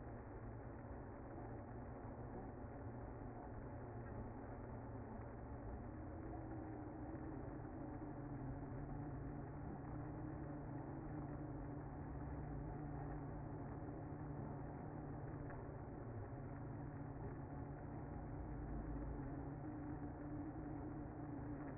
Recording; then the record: honeybee colony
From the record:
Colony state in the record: active